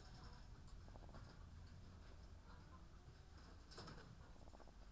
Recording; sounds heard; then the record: poultry house recording; sick chickens (respiratory disease)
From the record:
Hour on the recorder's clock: 14